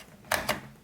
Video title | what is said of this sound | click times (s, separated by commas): Angry Kid Destroys Gaming PC Over FORTNITE, So I Built A New One... | we go we heard the click and | 0.3 s, 0.5 s